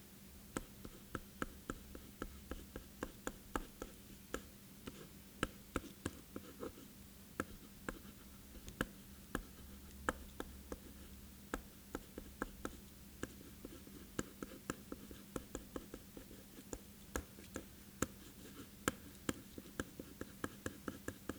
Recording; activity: daily activity, guitar pickup as the sensor; write